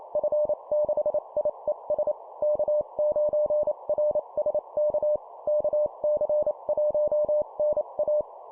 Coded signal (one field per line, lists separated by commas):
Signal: Morse code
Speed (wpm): 28 wpm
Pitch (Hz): 600 Hz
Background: none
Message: F6IES K9RSK KC1NA